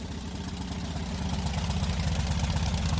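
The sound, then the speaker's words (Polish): A motorcycle in very good condition, started at one touch with the oil pressure light going out, idles steadily, its low, rapid, even putter pulsing without a break, with a faint mechanical clatter riding on top and no voices. “jak na motor tej klasy, to jest bardzo dużo i jeszcze pewnie dużo, dużo pochodzi”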